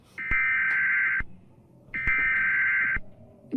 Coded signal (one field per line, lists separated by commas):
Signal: Emergency Alert System (SAME) tones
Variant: header bursts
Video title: All of North America's eas alarms